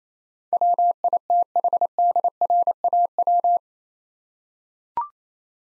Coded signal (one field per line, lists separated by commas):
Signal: Morse code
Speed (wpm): 28 wpm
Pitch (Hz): 700 Hz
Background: none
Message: WITHDRAW